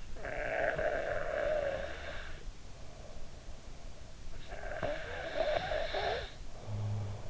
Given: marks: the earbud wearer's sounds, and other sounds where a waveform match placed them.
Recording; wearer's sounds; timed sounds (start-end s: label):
sounds in sleep by an in-ear microphone; snoring breath
0.13-3.10 s: snoring breath
4.43-7.30 s: snoring breath